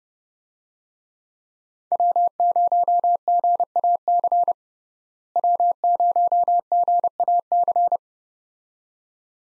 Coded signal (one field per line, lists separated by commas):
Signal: Morse code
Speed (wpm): 30 wpm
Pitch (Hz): 700 Hz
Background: none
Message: W0GAC W0GAC